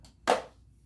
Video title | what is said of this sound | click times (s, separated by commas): Let's make a pound cake with my new Geek Chef Mixer #foodies #productreview #geekchef #poundcake | you heard it click | 0.3 s